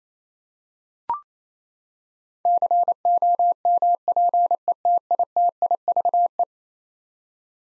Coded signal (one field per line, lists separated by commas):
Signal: Morse code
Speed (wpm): 28 wpm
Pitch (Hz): 700 Hz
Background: none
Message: COMPETITIVE